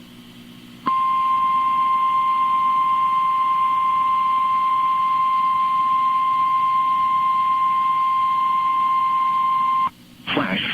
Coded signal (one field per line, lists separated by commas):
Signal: Emergency Alert System (SAME) tones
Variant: 1050 Hz attention tone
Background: speech